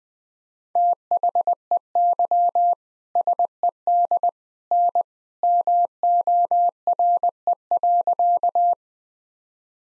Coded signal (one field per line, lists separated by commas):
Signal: Morse code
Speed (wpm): 20 wpm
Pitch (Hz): 700 Hz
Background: none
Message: THEY SED N MORE.